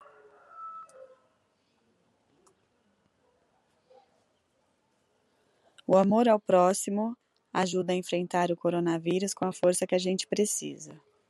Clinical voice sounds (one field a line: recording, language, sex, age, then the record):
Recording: spoken sentence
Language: Brazilian Portuguese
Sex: female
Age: 40 to 49 years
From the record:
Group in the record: control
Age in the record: 42 years